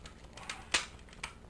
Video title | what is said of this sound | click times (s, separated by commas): [unboxing] Communication | a pretty solid click right there | 0.8 s